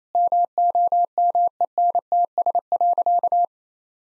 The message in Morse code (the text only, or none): MOMENTS.